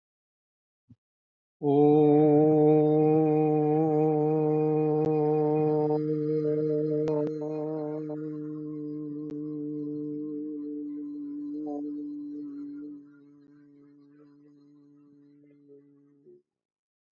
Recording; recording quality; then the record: sustained vowel as in boot; excellent, no background noise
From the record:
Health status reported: healthy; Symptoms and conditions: hypertension, diabetes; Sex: male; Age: 52 years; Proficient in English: yes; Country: India